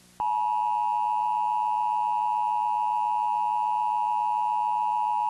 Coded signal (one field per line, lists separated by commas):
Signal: Emergency Alert System (SAME) tones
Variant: 853 and 960 Hz attention tone